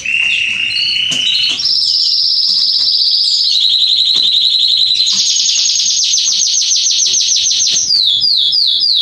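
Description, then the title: Canary song of long continuous trills shifting between pitches, then a rapid pulsed trill and a few quick descending chirps at the end. Male Belgian canary singing a lot, used to warm up and train young canaries. "Canary Training Esquente Seu Filhote E Canario Belga Macho Cantando Muito. CANTO DO CANRIO"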